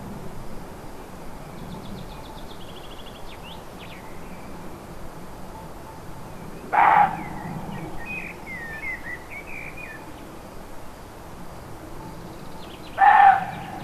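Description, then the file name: Roe deer barking twice, short rough calls about six seconds apart, over a backdrop of chattering songbirds and low ambient rumble. Recorded 5 May 2011 on an MZ-N710 recorder. "chevreuil 5 05 11"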